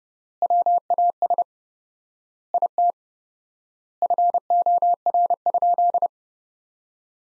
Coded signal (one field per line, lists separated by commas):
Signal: Morse code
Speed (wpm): 30 wpm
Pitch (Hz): 700 Hz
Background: none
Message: WAS IT FOR?